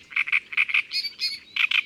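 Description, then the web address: Great reed warbler singing a brief run of rasping, creaky syllables, some paired and repeated, then higher squeaky notes. Recorded in May. "Mai La Rousserolle turdoide. les-4-saisons-des-chants-doiseaux"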